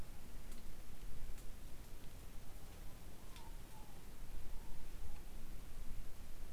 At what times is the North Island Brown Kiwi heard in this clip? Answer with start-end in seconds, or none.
none